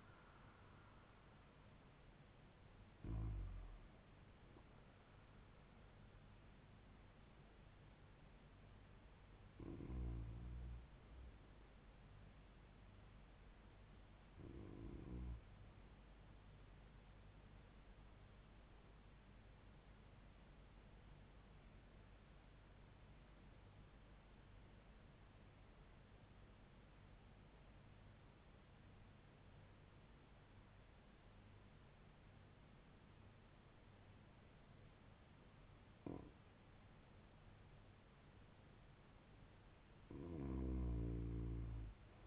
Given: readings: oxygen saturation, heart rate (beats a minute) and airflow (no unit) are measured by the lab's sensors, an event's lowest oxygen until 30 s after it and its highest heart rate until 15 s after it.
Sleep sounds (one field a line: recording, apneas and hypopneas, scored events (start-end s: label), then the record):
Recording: breathing in sleep by a voice recorder at the bedside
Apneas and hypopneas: 1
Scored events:
17.00-37.90 s: hypopnea (REM, oxygen 99% highest, then 93% lowest, heart rate 71 at the start, 76 highest)
From the record:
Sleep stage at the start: REM sleep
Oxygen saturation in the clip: 94 to 99%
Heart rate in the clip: 67 to 79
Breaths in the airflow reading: 6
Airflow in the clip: -4.5 to 3.7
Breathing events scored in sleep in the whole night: 158 in 7.3 hours asleep